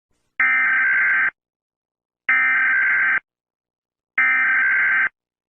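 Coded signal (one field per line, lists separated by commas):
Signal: Emergency Alert System (SAME) tones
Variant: header bursts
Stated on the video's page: Mock EAS alert, not a real activation.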